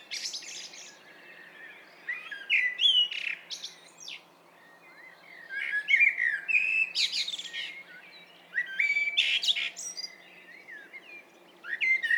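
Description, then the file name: Common blackbird singing several fluty, warbling phrases that break into high scratchy flourishes, with short silences between phrases and a faint steady background hiss. "Turdus merula"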